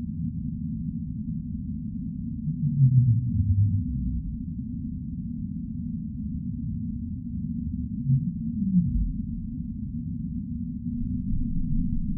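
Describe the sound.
Whale calls: a few faint, short low moans around three and eight seconds, over a constant deep rumble.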